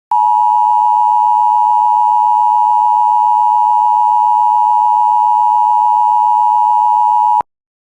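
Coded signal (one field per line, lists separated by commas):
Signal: Emergency Alert System (SAME) tones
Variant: 853 and 960 Hz attention tone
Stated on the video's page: Severe thunderstorm alert for Paducah, the first of a double header.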